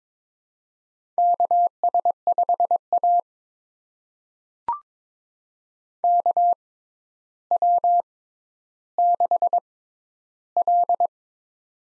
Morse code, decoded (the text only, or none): KS5A KW6L